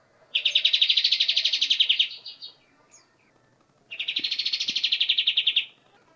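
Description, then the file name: Olive-winged Bulbul singing two rapid chattering trills, each under two seconds, fast pulsing notes with a brief quiet gap between them. "kapas tembak suara asli"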